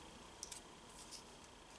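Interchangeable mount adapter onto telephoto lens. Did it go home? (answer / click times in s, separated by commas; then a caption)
yes / 0.4 s. An interchangeable lens mount adapter is lined up with a telephoto lens by its green dots, pressed on and twisted. A sharp click at 0.4 s, followed by a softer tick at 0.5 s, stands out over a quiet hiss. The adapter is locked into place on the lens.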